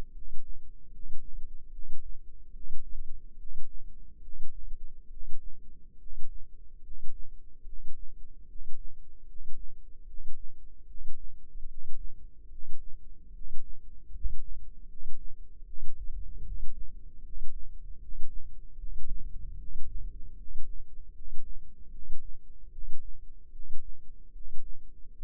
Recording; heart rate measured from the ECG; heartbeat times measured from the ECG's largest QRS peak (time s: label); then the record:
heart sounds by microphone in the left ear; 74 bpm
0.11 s: heartbeat
0.89 s: heartbeat
1.70 s: heartbeat
2.51 s: heartbeat
3.36 s: heartbeat
4.20 s: heartbeat
5.08 s: heartbeat
5.97 s: heartbeat
6.81 s: heartbeat
7.64 s: heartbeat
8.46 s: heartbeat
9.25 s: heartbeat
10.05 s: heartbeat
10.85 s: heartbeat
11.66 s: heartbeat
12.48 s: heartbeat
13.31 s: heartbeat
14.11 s: heartbeat
14.86 s: heartbeat
15.64 s: heartbeat
16.42 s: heartbeat
17.21 s: heartbeat
17.98 s: heartbeat
18.76 s: heartbeat
19.56 s: heartbeat
20.35 s: heartbeat
21.12 s: heartbeat
21.90 s: heartbeat
22.69 s: heartbeat
23.50 s: heartbeat
24.31 s: heartbeat
25.12 s: heartbeat
From the record:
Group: healthy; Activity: rest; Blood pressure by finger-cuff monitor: 121/73 mmHg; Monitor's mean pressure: 86 mmHg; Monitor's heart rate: 75 bpm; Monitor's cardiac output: 7 L/min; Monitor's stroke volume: 94 mL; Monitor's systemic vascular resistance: 900 dyn s/cm5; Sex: male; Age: 35 years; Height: 180 cm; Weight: 86.9 kg